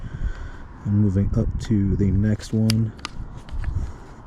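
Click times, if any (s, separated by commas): 3.6 s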